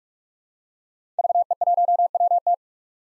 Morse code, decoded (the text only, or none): VE1WT